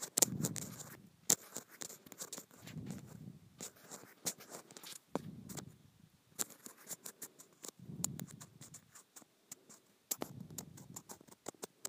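Scratching on rippled plastic, heard as a series of dry, rasping passes repeated about every two and a half seconds. Each stroke has a low rumbling body with sharp, bright clicks and ticks scattered over it. Brief quiet gaps fall between the passes.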